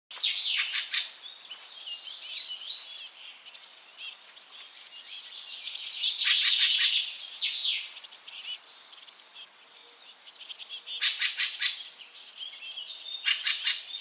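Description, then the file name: Eurasian blue tit calls, busy high-pitched chirps and buzzy trills overlapping in bursts, with short pauses between outbursts. "Cyanistes caeruleus"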